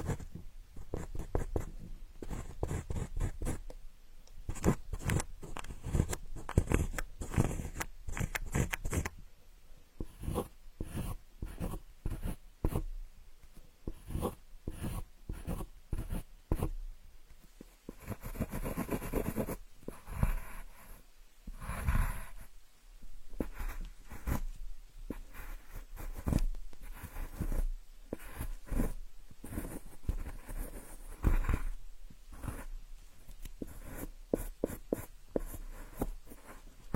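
Drawing sounds of pen and chalk on paper and board, a dense run of quick scratchy strokes and taps. A softer, smoother rubbing passage comes around 18 to 23 seconds before the brisk, irregular strokes resume to the end.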